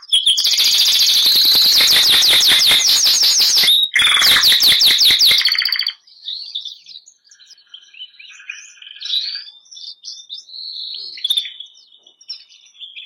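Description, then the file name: Canary (Bernois): canary song: loud, fast trills of repeated high notes for about six seconds with a brief break near four seconds, then softer twittering and chirps to the end. Bernois breed canary, singing. "canto do canario bernois"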